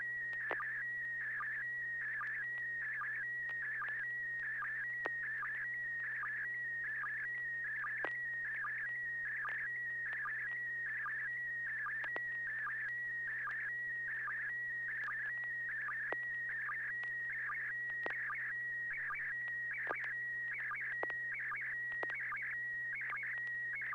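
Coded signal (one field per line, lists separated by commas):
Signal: SSTV (slow-scan television)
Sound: warbling tone sliding around in pitch, broken by regular short low sync blips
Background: low hum, radio hiss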